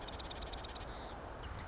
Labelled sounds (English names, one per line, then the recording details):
Marsh Wren
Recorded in Sonoma County, California